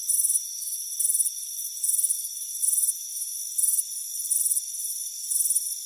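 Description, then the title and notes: Cricket chirps come as shrill trilled bursts at regular intervals, with a constant thin high drone beneath. Chirping crickets on a warm afternoon at a front porch. "Soothing Crickets Chirping Sound. It's a warm afternoon as you relax in a hammock on the front porch. the soothing sound of chirping crickets. Deep Sleep Sounds"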